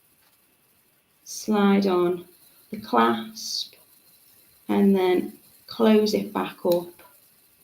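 A metal jump ring is being handled onto a bracelet clasp: the clasp is slid on and the ring is about to be closed back up with pliers. Someone talks throughout, with no distinct click, and nothing has seated or clicked yet.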